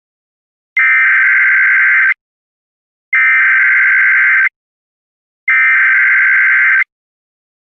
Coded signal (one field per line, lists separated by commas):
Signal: Emergency Alert System (SAME) tones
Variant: header bursts